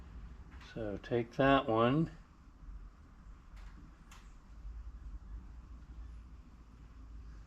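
Someone talks briefly while picking up a small retaining part and lining it up with a groove in a motorcycle brake caliper, ready to seat it. A soft knock is heard at about 4.1 s over a low background hum. Nothing has seated or clicked yet.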